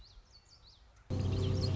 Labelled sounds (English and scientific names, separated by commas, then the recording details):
Common Yellowthroat (Geothlypis trichas)
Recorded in Sonoma County, California